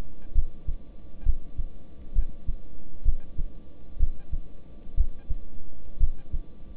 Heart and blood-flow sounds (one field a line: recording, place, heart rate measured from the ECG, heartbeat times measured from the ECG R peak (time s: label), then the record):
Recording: heart sounds by stethoscope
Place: between the tricuspid and mitral areas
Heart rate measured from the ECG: 64 bpm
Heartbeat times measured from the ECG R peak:
0.33 s: heartbeat
1.23 s: heartbeat
2.13 s: heartbeat
3.03 s: heartbeat
3.97 s: heartbeat
4.95 s: heartbeat
5.98 s: heartbeat
From the record:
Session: rest, lying down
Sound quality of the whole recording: good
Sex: male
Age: 26 years